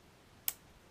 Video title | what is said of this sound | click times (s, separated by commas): kubota rtv900 update #2. piston assembly | and hear that snap | 0.5 s